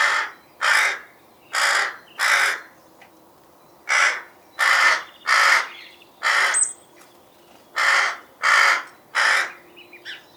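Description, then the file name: Rook giving harsh, raspy caws in loose groups with short pauses between. "roek"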